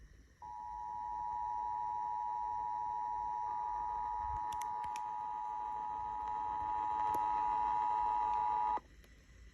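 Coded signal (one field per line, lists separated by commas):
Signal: Emergency Alert System (SAME) tones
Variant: 853 and 960 Hz attention tone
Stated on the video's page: Required monthly test relayed by Sacramento stations KFBK AM and KXPR/KXSR.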